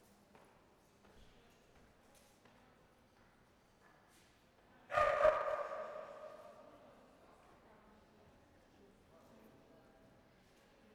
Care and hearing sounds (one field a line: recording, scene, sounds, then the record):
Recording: everyday scene through a hearing-aid microphone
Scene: reverberant space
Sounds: barking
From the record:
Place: railway station hall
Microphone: behind the ear, right, rear